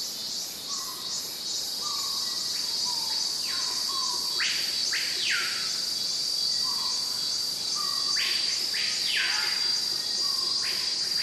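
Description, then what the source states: Cicadas keep up a continuous shrill drone while birds give repeated falling swoops and short low whistles every few seconds. Cicadas in a forest, with exotic birds.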